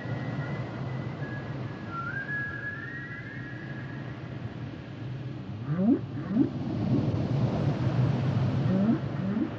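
Whale song: a high thin whistle slides upward and holds, followed after a gap by a series of short rising upsweeps amid low rumble.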